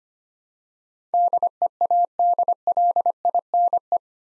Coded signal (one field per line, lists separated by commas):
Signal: Morse code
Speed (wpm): 25 wpm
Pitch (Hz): 700 Hz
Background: none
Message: DEADLINE